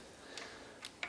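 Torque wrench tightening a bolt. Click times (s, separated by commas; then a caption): 1.0 s. A torque wrench set to 6 Nm tightens a bolt until it clicks at its setting, the maximum, so the fastener is not overtightened. Two faint ticks at about 0.4 s and 0.9 s come before the sharp, louder click at 1.0 s. Nobody talks during the clip.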